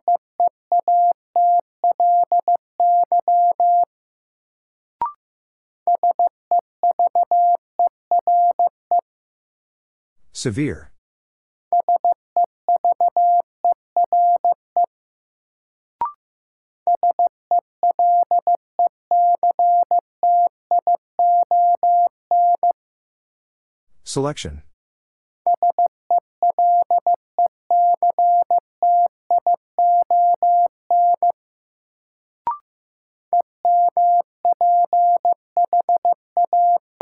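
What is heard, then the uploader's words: Morse code is tapped out as a steady mid-pitched tone, with rapid dots and dashes grouped into bursts of a few seconds separated by short pauses. Brief clicks mark some gaps, and two sharp bursts of hiss cut in near 11 and 24 seconds. First, the word is sent in Morse code. 15wpm.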